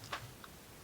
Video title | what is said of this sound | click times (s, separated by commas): Combining Ugears Sets: Spiral and Chain Hoist | and this horseshoe connect pretty much just snap right in place | 0.1 s